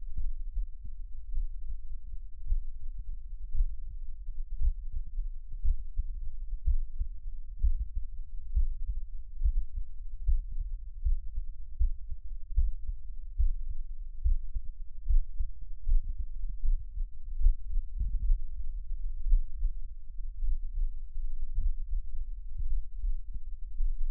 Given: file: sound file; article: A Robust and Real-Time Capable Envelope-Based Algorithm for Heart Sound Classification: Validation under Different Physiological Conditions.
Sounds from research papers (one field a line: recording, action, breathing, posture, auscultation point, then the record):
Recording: heart sounds by electronic stethoscope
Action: rest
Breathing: deep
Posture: sitting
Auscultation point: Erb’s point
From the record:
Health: healthy, no known heart disease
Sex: male